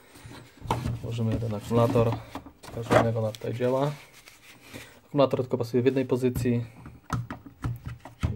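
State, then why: Not seated. A slide-in lithium battery pack is handled at the handle of a Bosch GSR 10,8-2-LI cordless drill-driver, which it fits in only one position, while someone talks throughout. A few short handling knocks sound near 0.7 s, 4.3 s and 7.1–7.6 s. The battery has not seated or clicked into the drill yet.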